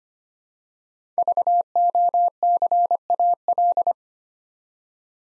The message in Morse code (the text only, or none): VOCAL